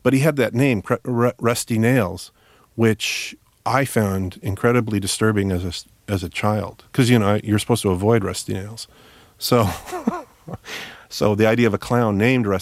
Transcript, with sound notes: But he had that name, Rusty Nails, which I found incredibly disturbing as a child 'cause, you know, you're supposed to avoid rusty nails. (laughter) So the idea of a clown named Rusty Nails...